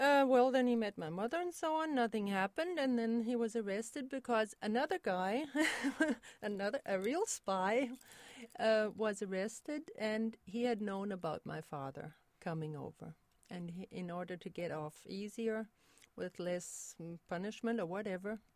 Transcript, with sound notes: Uh, well, then he met my mother and so on, nothing happened and then he was arrested because another guy-- (laughter) a real spy was arrested and he had known about my father coming over and in order to get off easier with less punishment or whatever.